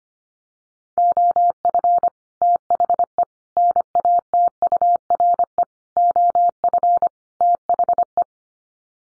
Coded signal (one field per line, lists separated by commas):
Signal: Morse code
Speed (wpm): 25 wpm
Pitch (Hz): 700 Hz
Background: none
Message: OF THE NATURE OF THE